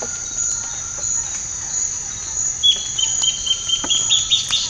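Bird calling with a steady high whistle that starts midway and breaks into short chirps near the end, against a continuous shrill insect drone and sharp clicks.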